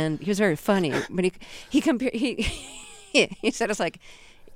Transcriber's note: laughter